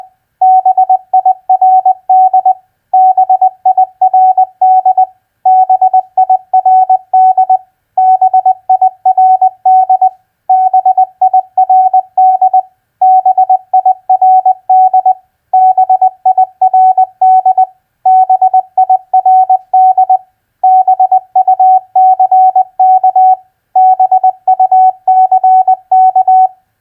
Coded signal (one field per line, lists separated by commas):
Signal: Morse code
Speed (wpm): 20 wpm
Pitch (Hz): 750 Hz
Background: none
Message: BIRD BIRD BIRD BIRD BIRD BIRD BIRD BIRD BUCK BUCK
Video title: Morse Code Practice Word Recognition FISH-BIRD-BUCK 20wpm Repeated